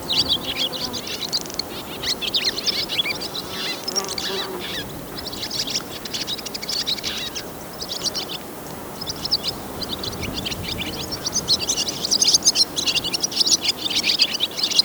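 Swallow song, steady high twittering and chirping through the whole stretch, growing busier and louder in the final seconds over a faint background hiss.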